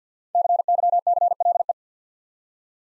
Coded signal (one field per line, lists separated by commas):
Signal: Morse code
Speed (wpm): 48 wpm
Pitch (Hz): 700 Hz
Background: none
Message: CYCLE